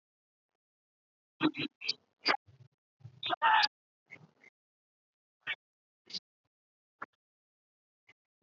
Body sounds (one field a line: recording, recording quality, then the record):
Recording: deep breathing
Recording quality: poor, much background noise or distortion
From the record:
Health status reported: COVID-19 positive, mild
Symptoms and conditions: cold, fever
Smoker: not ticked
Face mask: not worn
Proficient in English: yes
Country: India